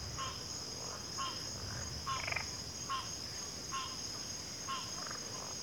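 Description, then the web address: Cricket chorus: an unbroken shrill trill, with brief rattling frog calls repeating underneath. Cricket chorus recorded at a backwater. "Natures Songs Sleep Sounds of Nature CRICKETS Backwater Chorus"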